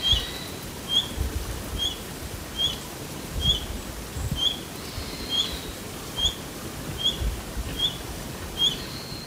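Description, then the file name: Red-breasted flycatcher repeating thin, clipped high call notes roughly once per second, about eleven in all, against constant low-pitched noise. Recorded in Okayama, Japan, on 29 January 2024. "nishiojirobitaki 20240129 okayama mizushimamasami"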